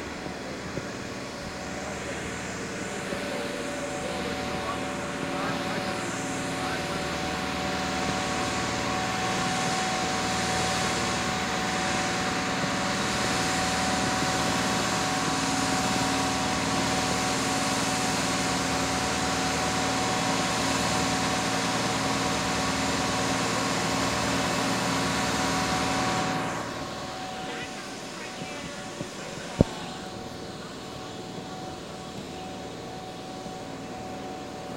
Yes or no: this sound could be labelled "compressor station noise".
yes